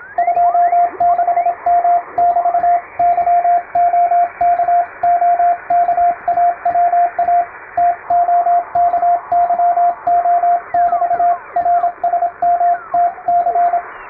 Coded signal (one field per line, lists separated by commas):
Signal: Morse code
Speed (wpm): 27 wpm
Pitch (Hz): 700 Hz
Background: radio noise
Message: 26M<BT>YOKOKAWA TOKYO<BT>RSMTC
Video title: 毎日聴けるモールスチャンネル！アマチュア無線のＣＷトレーニングに！YouTubeの再生速度を調整して聴きやすい速度から始めよう(morse code practice radio operator )